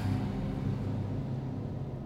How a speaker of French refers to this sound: La voiture, elle fait un bruit bizarre. J'espère qu'elle va pas nous lâcher.